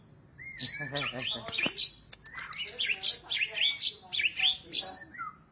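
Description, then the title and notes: Starling song of rapid chirps and rattling clicks mixed with bright rising and falling whistled notes, delivered in quick busy bursts. "suara burung jalak"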